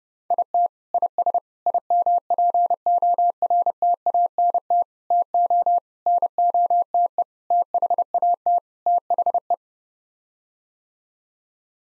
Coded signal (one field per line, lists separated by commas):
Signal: Morse code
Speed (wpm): 32 wpm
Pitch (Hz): 700 Hz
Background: none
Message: IT IS IMPORTANT TO NOTE THAT THE